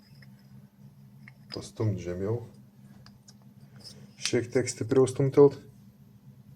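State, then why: Not seated. A metal retaining ring (circlip) is being pushed down into its groove in an engine part during assembly of a turbo M54B30 engine for an E46 Coupe. There are faint small handling clicks against a low steady hum while someone talks. The ring has not seated or clicked into its groove yet.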